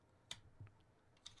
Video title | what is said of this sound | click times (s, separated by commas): 3 Awesome Budget Knives You Need to Add to Your EDC! | and a nice click on the way out. | 0.3 s